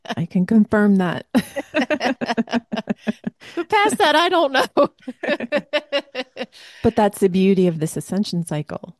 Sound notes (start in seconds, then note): 1.4 laughs; 4.9 laughs